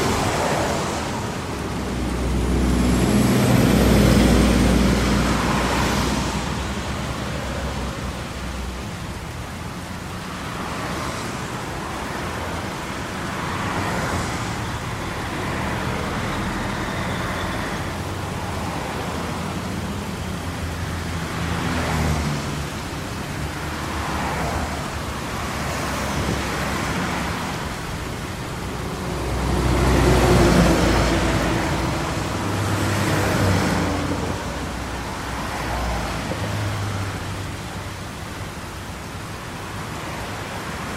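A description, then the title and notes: Traffic on a rainy day, heard from inside a car: a dense, steady hiss of tires on wet pavement over a low rumble. Passing vehicles swell and splash by every few seconds, loudest around 4 and 30 seconds. Traffic on a Rainy Day. As the raindrops patter against the car windows, you can hear the gentle hum of tires on wet pavement and the occasional splash of passing vehicles. No dialogue or voice.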